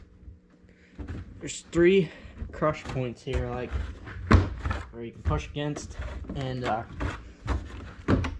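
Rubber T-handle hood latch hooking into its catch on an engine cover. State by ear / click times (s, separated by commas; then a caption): not seated / none. Someone talks while pushing against an engine cover and handling its rubber T-handle hood latches, with a few short knocks and bumps under the speech. Nothing has seated or clicked into its catch yet.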